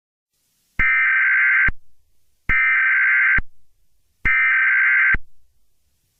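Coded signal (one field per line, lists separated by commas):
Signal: Emergency Alert System (SAME) tones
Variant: header bursts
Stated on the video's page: EAS tones in a fictional Halloween EAS scenario.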